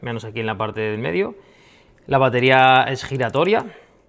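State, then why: Not seated. A rotating battery pack is handled for a PEPAX LEVE H2 pen-style tattoo machine, a press-fit part that goes on by pressure rather than screwing. Only someone talking is heard. Nothing has seated or clicked yet.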